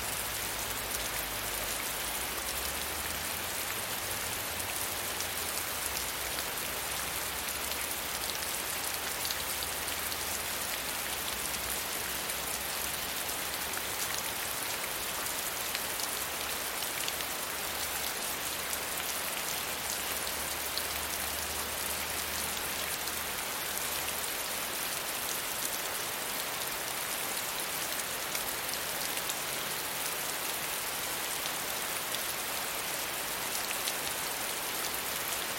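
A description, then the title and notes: Rain falls steadily and densely throughout, a bright, even hiss of countless drops striking a surface. Underneath, a low rumble wavers in and out for much of the recording, fading after about twenty-five seconds while the rain continues unchanged. Sounds of rain to relax your day away.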